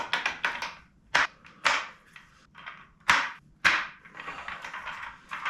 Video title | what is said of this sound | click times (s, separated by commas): Emerge Vortex Gaming Chair - Unboxing and Review | should be just a simple click in place | 1.2 s, 1.7 s, 3.1 s